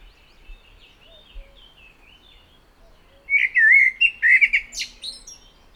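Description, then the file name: Common blackbird singing one mellow warbled phrase that breaks into thin high squeaks, after a few seconds of faint birdsong. "Turdus merula"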